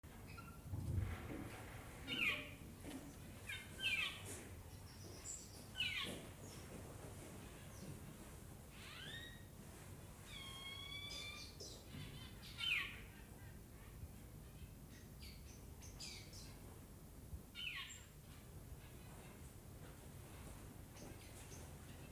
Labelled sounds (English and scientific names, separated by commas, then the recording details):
Violet-backed Starling (Cinnyricinclus leucogaster) call
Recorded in captivity
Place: Tiergarten Wilhelma/Stuttgart, Baden-Württemberg, DE
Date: 2005-03-14 11:50
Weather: fair, 4-8°C
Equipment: Sony WM-D6C, Sony ECM-MS 907, Kopie Uher 4000 Report Monitor
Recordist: Tembrock, Günter